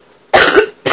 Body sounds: coughing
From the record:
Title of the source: 34 coughing up crap again

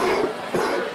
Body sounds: coughing mixed with background sound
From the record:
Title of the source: Coughing 77

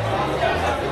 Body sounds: background sound without coughing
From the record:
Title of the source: CITY SOUNDS Busy Bar in the Evening Night - 2 HOURS of Ambiance for Relaxation

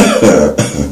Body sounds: coughing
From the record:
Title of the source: Spring Cold Coughing.

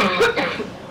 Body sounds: coughing mixed with background sound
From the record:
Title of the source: Barking cough - # 10

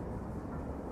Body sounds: background sound without coughing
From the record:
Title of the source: Train Ride Ambience ambient white noise for sleeping, focus, studying, reading

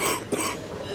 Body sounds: coughing mixed with background sound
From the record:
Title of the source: 31 night wet cough

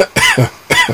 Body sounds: coughing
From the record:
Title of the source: Dry Afternoon Cough

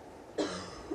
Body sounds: coughing mixed with background sound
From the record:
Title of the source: female coughing - coughing sound effects girl

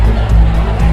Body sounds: background sound without coughing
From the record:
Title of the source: Party Noise 1 Hour Party Ambience

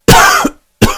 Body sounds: coughing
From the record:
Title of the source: Coughing 51

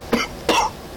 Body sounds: coughing mixed with background sound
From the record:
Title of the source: Coughing 60

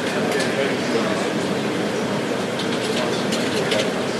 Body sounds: background sound without coughing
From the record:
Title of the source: Office Sounds Ambience - Background Noise for Study and Work

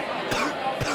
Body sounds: coughing mixed with background sound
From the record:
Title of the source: Coughing 46

